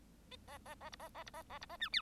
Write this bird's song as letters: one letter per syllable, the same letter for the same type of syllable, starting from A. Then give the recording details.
A A A B A A B A A B A C D. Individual Bird1